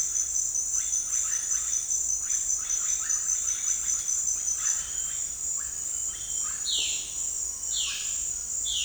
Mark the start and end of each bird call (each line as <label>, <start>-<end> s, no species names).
bird call, 0.77-1.78 s
bird call, 2.16-5.24 s
bird call, 5.53-8.84 s